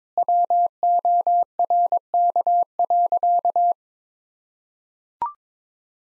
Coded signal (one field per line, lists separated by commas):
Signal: Morse code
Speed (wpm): 21 wpm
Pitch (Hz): 700 Hz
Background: none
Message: WORK.